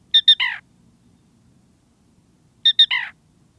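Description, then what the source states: Black Rail calling: two sharp high notes followed by a lower, slurred descending note, the three-part phrase given twice about 2.5 seconds apart in near silence. Unmistakable call heard after dark at Bill Williams River National Wildlife Refuge, Arizona, in the Southwest.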